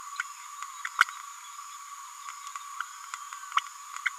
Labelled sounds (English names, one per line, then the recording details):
Green-rumped Parrotlet babbling
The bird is a female
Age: 28 days
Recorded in a nest box in Venezuela
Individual 17B102A5